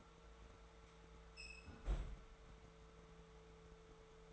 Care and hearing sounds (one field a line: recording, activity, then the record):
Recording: daily activity, microphone in the room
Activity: close fridge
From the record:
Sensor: 3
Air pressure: 1014.8 hPa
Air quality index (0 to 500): 197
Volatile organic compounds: 27 ppm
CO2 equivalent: 2884 ppm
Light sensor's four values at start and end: 12/29/12/12 and 12/30/12/12